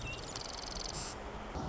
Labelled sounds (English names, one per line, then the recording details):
Marsh Wren
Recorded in Sonoma County, California